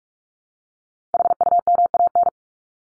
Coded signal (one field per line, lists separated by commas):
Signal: Morse code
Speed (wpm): 44 wpm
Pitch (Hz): 700 Hz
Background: none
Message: HUMAN